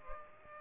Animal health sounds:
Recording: mosquito wingbeat signal from an infrared sensor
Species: Aedes aegypti

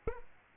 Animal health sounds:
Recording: mosquito wingbeat signal from an infrared sensor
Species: Aedes aegypti

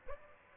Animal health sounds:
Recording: mosquito wingbeat signal from an infrared sensor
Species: Aedes aegypti

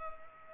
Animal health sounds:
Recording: mosquito wingbeat signal from an infrared sensor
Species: Culex pipiens

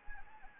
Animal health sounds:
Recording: mosquito wingbeat signal from an infrared sensor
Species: Anopheles arabiensis

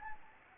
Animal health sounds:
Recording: mosquito wingbeat signal from an infrared sensor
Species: Anopheles gambiae

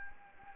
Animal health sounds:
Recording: mosquito wingbeat signal from an infrared sensor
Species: Anopheles gambiae

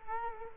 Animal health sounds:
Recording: mosquito wingbeat signal from an infrared sensor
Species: Culex quinquefasciatus

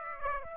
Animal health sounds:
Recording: mosquito wingbeat signal from an infrared sensor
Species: Aedes aegypti

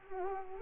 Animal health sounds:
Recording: mosquito wingbeat signal from an infrared sensor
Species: Culex quinquefasciatus

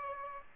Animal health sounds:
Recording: mosquito wingbeat signal from an infrared sensor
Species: Aedes aegypti

